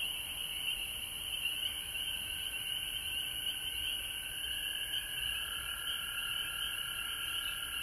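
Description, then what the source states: Frog chorus of continuous shrill trills blending into one steady wash of sound, a second lower-pitched band strengthening toward the end. Frogs calling at home in Georgia, recorded March 19, 2020.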